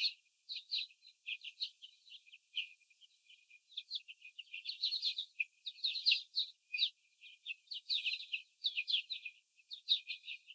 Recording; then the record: young laying hens in a cage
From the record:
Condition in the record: after the stressor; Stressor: sudden umbrella opening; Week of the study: 3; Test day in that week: 2